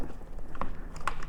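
With the battery removed and on the charger, an unidentified part in the battery area of a motorcycle is pulled until it clicks into place. Sharp clicks are heard at 0.6 s and 1.1 s, with a few fainter ticks around them over a low steady hum. The part ends up seated.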